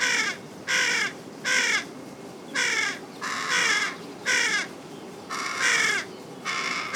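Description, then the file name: Carrion crow uttering a rapid series of loud, rasping caws, about eight calls in seven seconds, closely spaced and fairly even. "Corvus corone"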